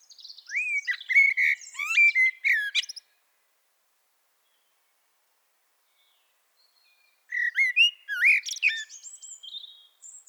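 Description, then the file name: Eurasian blackbird song: two loud fluty warbled phrases, each ending in scratchy high twitters, separated by a long quiet gap. "Turdus merula"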